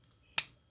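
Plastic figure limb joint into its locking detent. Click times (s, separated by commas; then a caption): 0.4 s. A part of a plastic G1 Punch/Counterpunch transforming action figure is pulled out until its limb joint clicks into its locking detent at 0.4 s, a single sharp, bright click that fades quickly. The joint is now locked in place so it no longer slides down under the figure's weight. A faint, soft tick is heard near the start, and the rest is quiet.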